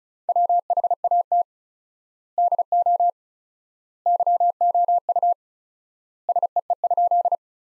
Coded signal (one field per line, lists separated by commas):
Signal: Morse code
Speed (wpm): 36 wpm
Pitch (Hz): 700 Hz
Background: none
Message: WHAT DO YOU SEE?